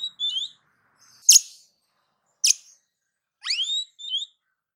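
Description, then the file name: Oriental magpie-robin singing short whistled phrases broken by two sharp rasping notes, then a rising sweep followed by a high whistle. "Suara-Kacer-Versi-7"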